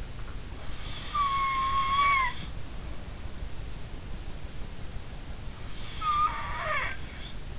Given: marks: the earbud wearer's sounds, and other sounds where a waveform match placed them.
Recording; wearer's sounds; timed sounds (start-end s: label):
sounds in sleep by an in-ear microphone; snoring breath
0.96-2.36 s: snoring breath
5.74-6.98 s: snoring breath